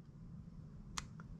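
A red-wire crimped terminal is pushed, tang up, into the left cavity of a plastic connector housing during the wiring of a Haltech EFI conversion replacing the D-Jet on a Porsche 914. Over a low background rumble, a sharp click sounds at 1.0 s, followed by a fainter tick at 1.2 s. The terminal locks in and is seated.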